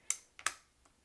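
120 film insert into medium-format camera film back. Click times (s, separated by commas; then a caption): 0.1 s, 0.5 s. A loaded 120 film insert is pressed into the film back of a medium-format camera (Mamiya 645AF / Contax 645), with one click on each side. Two sharp clicks are heard at 0.1 s and 0.5 s, a faint tick just before the second and a soft tap near the end. The insert is seated and engaged on both sides.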